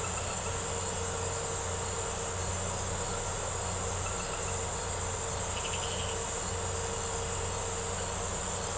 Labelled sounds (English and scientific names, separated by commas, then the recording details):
none
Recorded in secondary vegetation near Puerto Asís, Putumayo, Colombia, on 4 March 2025 at 02:30
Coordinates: 0.468, -76.324
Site G059